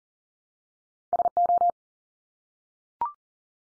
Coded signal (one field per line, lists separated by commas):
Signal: Morse code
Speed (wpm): 40 wpm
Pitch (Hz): 700 Hz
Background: none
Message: SO